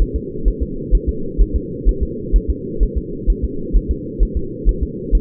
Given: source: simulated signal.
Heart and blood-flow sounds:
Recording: fetal heart sounds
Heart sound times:
0.02 s: S1
0.16 s: S2
0.48 s: S1
0.63 s: S2
0.95 s: S1
1.09 s: S2
1.41 s: S1
1.56 s: S2
1.89 s: S1
2.03 s: S2
2.36 s: S1
2.50 s: S2
2.83 s: S1
2.98 s: S2
3.30 s: S1
3.44 s: S2
3.76 s: S1
3.91 s: S2
4.23 s: S1
4.37 s: S2
4.69 s: S1
4.83 s: S2
5.15 s: S1
From the record:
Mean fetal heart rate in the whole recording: 130 bpm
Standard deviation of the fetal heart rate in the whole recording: 2 bpm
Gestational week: 36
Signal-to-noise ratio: -4.3 dB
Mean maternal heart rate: 72 bpm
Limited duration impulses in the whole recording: absent

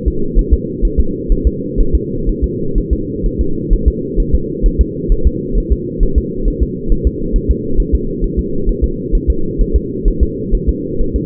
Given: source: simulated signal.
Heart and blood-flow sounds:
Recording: fetal heart sounds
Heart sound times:
0.08 s: S2
0.39 s: S1
0.54 s: S2
0.85 s: S1
1.00 s: S2
1.32 s: S1
1.47 s: S2
1.80 s: S1
1.95 s: S2
2.29 s: S1
2.44 s: S2
2.78 s: S1
2.93 s: S2
3.26 s: S1
3.41 s: S2
3.73 s: S1
3.88 s: S2
4.20 s: S1
4.35 s: S2
4.66 s: S1
4.81 s: S2
5.12 s: S1
5.27 s: S2
5.58 s: S1
5.72 s: S2
6.03 s: S1
6.18 s: S2
6.48 s: S1
6.63 s: S2
6.92 s: S1
7.07 s: S2
7.36 s: S1
7.51 s: S2
7.80 s: S1
7.95 s: S2
8.24 s: S1
8.39 s: S2
8.69 s: S1
8.84 s: S2
9.15 s: S1
9.30 s: S2
9.61 s: S1
9.76 s: S2
10.08 s: S1
10.23 s: S2
10.55 s: S1
10.69 s: S2
11.01 s: S1
11.16 s: S2
From the record:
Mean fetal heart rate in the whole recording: 130 bpm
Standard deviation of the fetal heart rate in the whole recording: 4 bpm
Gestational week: 38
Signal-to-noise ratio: -8.1 dB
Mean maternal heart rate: 72 bpm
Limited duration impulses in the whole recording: absent

